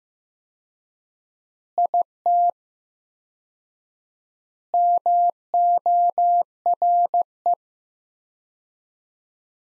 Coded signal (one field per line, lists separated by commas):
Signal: Morse code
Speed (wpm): 15 wpm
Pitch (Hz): 700 Hz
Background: none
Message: IT MORE